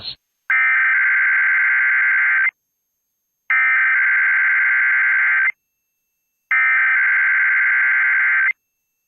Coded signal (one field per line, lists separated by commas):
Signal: Emergency Alert System (SAME) tones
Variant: header bursts